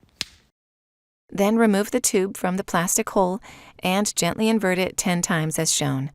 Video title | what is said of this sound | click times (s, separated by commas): Master - EDTA | snap on the cap tightly you should hear a small click sound | 0.2 s